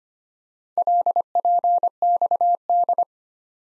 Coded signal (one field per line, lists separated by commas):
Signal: Morse code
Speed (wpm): 25 wpm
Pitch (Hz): 700 Hz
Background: none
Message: LPXD